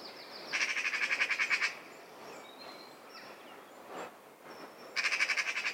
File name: Pica pica